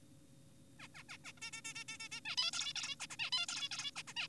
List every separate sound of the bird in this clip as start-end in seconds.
0.80-0.88, 0.95-1.03, 1.09-1.18, 1.24-1.32, 1.38-1.40, 1.42-1.51, 1.53-1.62, 1.65-1.74, 1.76-1.84, 1.89-1.98, 2.00-2.08, 2.12-2.20, 2.26-2.36, 2.38-2.51, 2.53-2.73, 2.76-2.96, 3.00-3.06, 3.10-3.16, 3.20-3.30, 3.32-3.46, 3.49-3.69, 3.71-3.91, 3.96-4.03, 4.08-4.14, 4.16-4.28